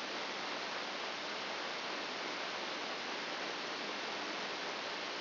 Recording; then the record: brain microelectrode recording played as sound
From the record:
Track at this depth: inside the subthalamic nucleus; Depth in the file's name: 2.036 mm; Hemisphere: left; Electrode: 2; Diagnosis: Parkinson's disease